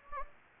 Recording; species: mosquito wingbeat signal from an infrared sensor; Anopheles gambiae